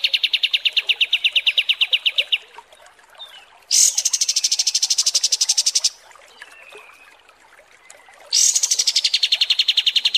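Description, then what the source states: Kapas tembak song: rapid chip trills alternating with higher, shriller buzzy trills, in three bursts separated by short pauses. Masteran training song for songbirds; a high-quality 'kapas tembak' song type.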